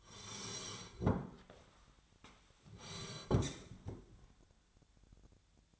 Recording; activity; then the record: daily activity, microphone in the room; sit down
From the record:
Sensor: 3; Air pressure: 1015.2 hPa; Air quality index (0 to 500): 170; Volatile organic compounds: 14 ppm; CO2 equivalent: 2432 ppm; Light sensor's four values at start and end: 11/30/12/13 and 13/34/13/15